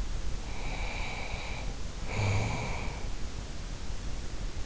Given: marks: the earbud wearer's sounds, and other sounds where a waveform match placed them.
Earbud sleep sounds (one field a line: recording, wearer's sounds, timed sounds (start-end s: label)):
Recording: sounds in sleep by an in-ear microphone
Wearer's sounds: snoring breath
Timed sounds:
0.37-3.22 s: snoring breath